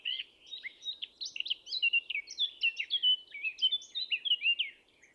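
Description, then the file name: Eurasian blackcap song, a fast, continuous scratchy warble of varied chirps and twitters running without pause for about five seconds over faint low background noise. "Sylvia atricapilla"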